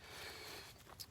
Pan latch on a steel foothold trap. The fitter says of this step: there's a night latch on there you can feel it and hear it click which means that trap pan is level and good to go